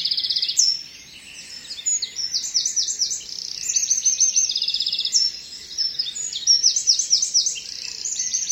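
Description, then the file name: Eurasian wren song, an almost unbroken stream of very fast, high, metallic trills and rattles, rising and falling in loudness throughout. "Troglodytes troglodytes"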